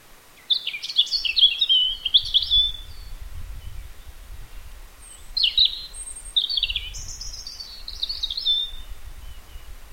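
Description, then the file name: European robin song: two high, thin warbling phrases of tumbling, twittering notes separated by a pause, with a low rumble of background noise. "Erithacus rubecula"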